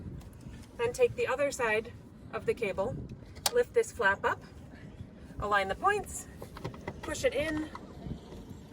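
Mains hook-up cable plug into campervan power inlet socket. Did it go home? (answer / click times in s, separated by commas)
no / none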